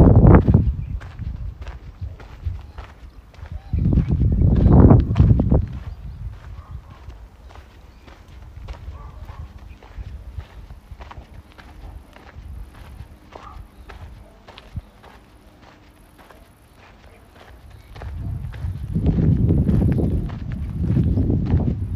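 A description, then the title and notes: Footsteps from walking in Modiin, Israel, tap out a steady, fairly quick rhythm of short clicks throughout. Low rumbling surges swell around the start, near five seconds, and again from about eighteen seconds to the end, with a faint steady hum between them. City Park Sounds. Walking In Modiin, Israel.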